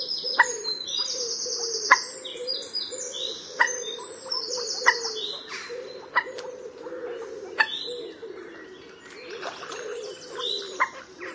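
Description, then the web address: Common moorhen giving abrupt clicking calls at irregular intervals, above a steady low drone and many bright chirps and trills from other birds. "black water chicken call"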